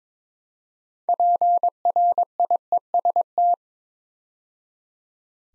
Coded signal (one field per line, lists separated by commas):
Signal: Morse code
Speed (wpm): 22 wpm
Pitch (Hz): 700 Hz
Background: none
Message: PRIEST